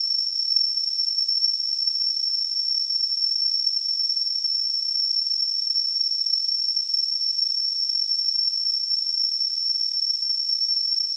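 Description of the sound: A steady, piercing high-pitched tone, roughly 6 kHz, sits over a soft band of hiss and holds unchanged for about 11 seconds with no breaks. It is a simulation of tinnitus, the constant ringing or hissing a person with the condition hears.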